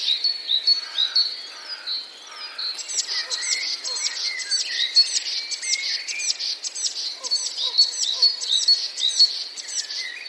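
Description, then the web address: Eurasian blue tit song: a few thin, high, drawn-out notes, then a long fast ringing trill of repeated high notes. "wroblowe teka spiew. wroblowe teka modraszkoteka"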